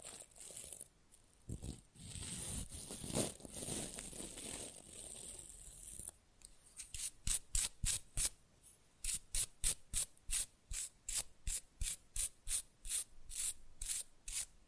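Rough nail filing with a coarse, hissy rasp. For the first six seconds the scraping is nearly continuous and dense, then it breaks into quick, evenly spaced short strokes, about two or three per second, that keep a steady rhythm to the end.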